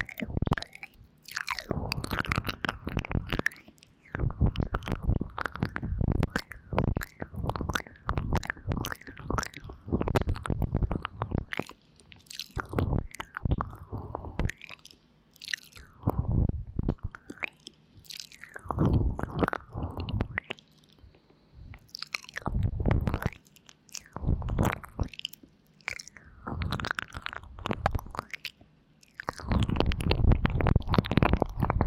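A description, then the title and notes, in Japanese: Wet mouth sounds from deep ear licking come in quick bursts of smacking and clicking, bright and crisp over a faint low hum. The bursts run in dense clusters separated by short quiet pauses, with busier stretches near the start and end. 吃掉你的耳朵。口腔音。Deep Ear Licking。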